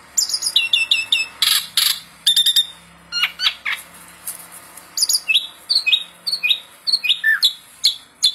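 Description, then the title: Asian pied starling song of sharp high chips and ticks, then a string of short descending slurred whistles repeated roughly every half second. Song meant to get sluggish songbirds that sing too little to sing more. "Masteran Jalak Suren Atasi Burung KURANG GACOR Dan LOYO"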